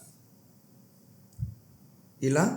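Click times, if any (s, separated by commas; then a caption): none. A phone connector adapter is lined up by its mark and pin position against a Boya BOYALINK wireless microphone receiver before being pushed on. There is a faint low thump at about 1.4 s, and someone talks at the end. Nothing has clicked or seated yet.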